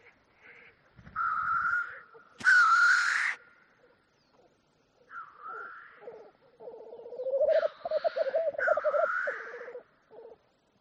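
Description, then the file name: Black grouse giving harsh, sneezing hisses, then a low, rapid bubbling coo that rolls on for several seconds with more hisses over it. "audio hero Bird Black Grouse"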